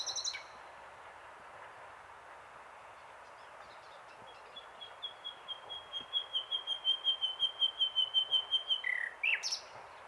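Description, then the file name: Common nightingale song: a brief harsh note, a long pause, then a slowly swelling series of pure whistled notes on one pitch, ending in a lower note and a sharp note. "Luscinia megarhynchos"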